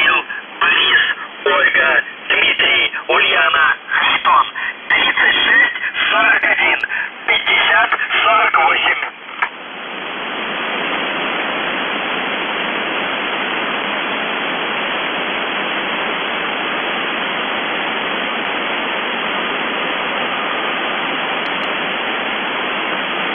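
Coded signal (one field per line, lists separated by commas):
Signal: coded military voice message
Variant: UVB-76, Russian voice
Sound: a male voice reading a short message over radio, then steady static hiss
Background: radio static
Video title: The Buzzer/UVB-76(4625Khz) July 22, 2021 09:15UTC Voice message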